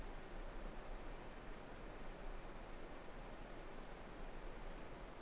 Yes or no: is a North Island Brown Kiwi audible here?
no